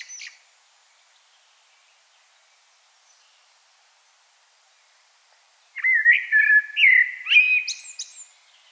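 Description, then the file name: Common blackbird song, a brief high note at the start, then after a long silence a rich warbled phrase of whistles broken by sharp high squeaks. "Turdus merula"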